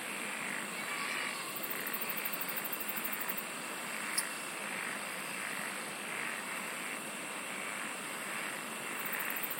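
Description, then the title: Insects buzz in an unbroken chorus, with high rapid pulsing early and at the end and a single sharp click midway. "SINGING OF INSECTS"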